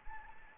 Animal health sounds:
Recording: mosquito wingbeat signal from an infrared sensor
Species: Anopheles arabiensis

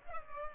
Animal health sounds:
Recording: mosquito wingbeat signal from an infrared sensor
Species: Culex pipiens

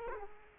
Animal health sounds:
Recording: mosquito wingbeat signal from an infrared sensor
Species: Culex quinquefasciatus

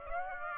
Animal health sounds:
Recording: mosquito wingbeat signal from an infrared sensor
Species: Aedes aegypti

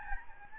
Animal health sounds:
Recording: mosquito wingbeat signal from an infrared sensor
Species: Aedes albopictus

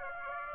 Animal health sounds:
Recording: mosquito wingbeat signal from an infrared sensor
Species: Aedes aegypti

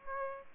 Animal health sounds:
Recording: mosquito wingbeat signal from an infrared sensor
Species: Aedes aegypti

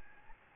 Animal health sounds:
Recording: mosquito wingbeat signal from an infrared sensor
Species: Aedes albopictus

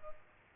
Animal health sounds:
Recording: mosquito wingbeat signal from an infrared sensor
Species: Culex pipiens

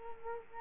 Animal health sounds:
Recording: mosquito wingbeat signal from an infrared sensor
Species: Culex quinquefasciatus

